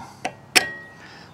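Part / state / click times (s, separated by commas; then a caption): folding pedal into its locked folded position on the crank / seated / 0.2 s, 0.6 s. A folding pedal on a Lectric XP e-bike is folded back and locked into its folded position on the crank, with a sharp click at 0.3 s and a louder, ringing click at 0.6 s whose tone fades slowly. The pedal locks in place.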